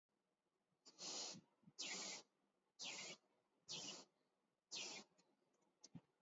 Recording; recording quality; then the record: shallow breathing; excellent, no background noise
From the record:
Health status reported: exposed to COVID-19, no respiratory illness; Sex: female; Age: 35 years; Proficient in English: yes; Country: India